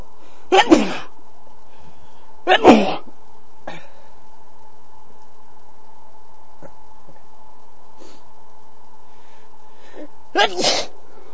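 An adult man sneezes three times, sharp explosive bursts with pauses between them, due to a cold.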